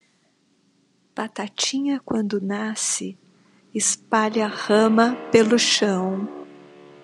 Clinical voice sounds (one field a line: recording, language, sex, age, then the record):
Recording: short text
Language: Brazilian Portuguese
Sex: female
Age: 60 to 69 years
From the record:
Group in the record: control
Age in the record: 62 years